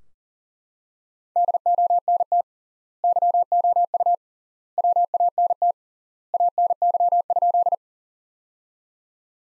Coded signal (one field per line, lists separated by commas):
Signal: Morse code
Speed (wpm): 37 wpm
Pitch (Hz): 700 Hz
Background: none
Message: DONT YOU WANT ANY?